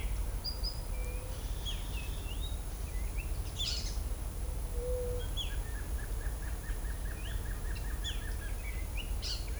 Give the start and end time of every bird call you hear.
[0.43, 0.73] Euphonia trinitatis (4.0-5.2 kHz)
[0.92, 3.26] Cyclarhis gujanensis (1.8-3.9 kHz)
[3.30, 3.99] Phaeomyias murina (1.7-8.7 kHz)
[4.72, 5.24] Leptotila verreauxi (0.3-0.8 kHz)
[5.13, 9.05] Synallaxis gujanensis (2.0-7.1 kHz)
[5.20, 8.52] Sakesphorus canadensis (1.3-4.3 kHz)

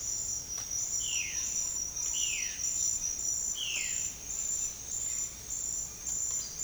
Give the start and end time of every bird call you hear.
[0.94, 4.07] Cyanocorax violaceus (1.2-3.8 kHz)

